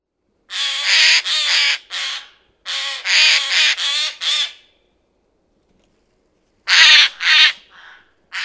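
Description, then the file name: Eurasian jay uttering loud, grating screeches in two bursts of three and four, a silent gap of about two seconds, then further harsh calls. "Garrulus glandarius"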